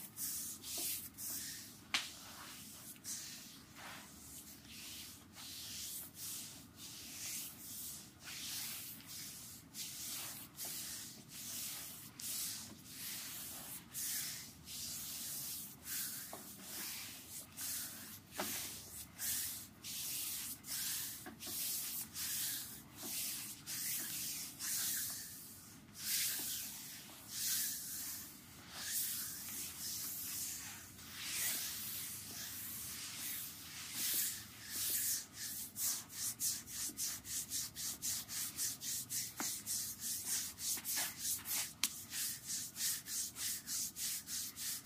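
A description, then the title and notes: A foot massage made of repeated rubbing strokes, each a dry, bright swish of hands against skin. The strokes come steadily about once a second, growing quicker and denser in the last fifteen seconds, over a low, steady background hum. Intense asmr foot relaxing massage. Acupressure technique. Intense foot relaxing massage.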